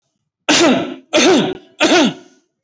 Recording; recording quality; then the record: heavy voluntary cough; excellent, no background noise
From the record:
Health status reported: healthy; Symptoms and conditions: none ticked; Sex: male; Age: 56 years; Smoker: not ticked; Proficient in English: yes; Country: India